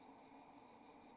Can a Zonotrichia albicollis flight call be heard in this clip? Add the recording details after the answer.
no. No flight call is heard. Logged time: 22:05 on 27 November 2014